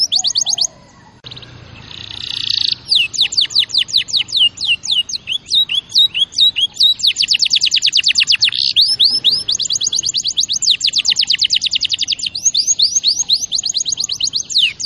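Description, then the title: Canary delivering long, fast rolling trills of high sweeping notes, nearly continuous for over ten seconds after a brief buzzy start. Champion canary song used as a master recording for training other birds. "Masteran Kenari Juara"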